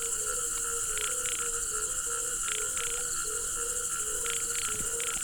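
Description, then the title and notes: Cricket chorus forms a continuous high trill, joined by repeated low frog notes and clustered croaks at intervals. Crickets together with frogs, at a pool on the Hajnice stream near Ústí, Czechia. "Ústí, Czechia - žáby a cvrčci Hajnice. žáby a cvrčci u hodní tůně na potoce Hajnice"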